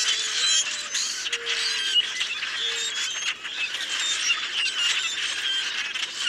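Common grackle chorus of squeaky, wheezy and rattling notes from many birds at once, with a few short low hooting tones early on.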